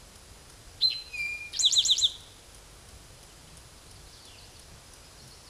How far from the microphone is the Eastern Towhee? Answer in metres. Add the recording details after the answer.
about 5 m. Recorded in a Pennsylvania forest on 17 May 2023 at 13:14. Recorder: AudioMoth, point grid1_8_low. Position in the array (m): 119 m, 84 m